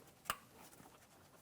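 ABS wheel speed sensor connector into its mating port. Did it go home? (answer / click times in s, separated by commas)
yes / 0.3 s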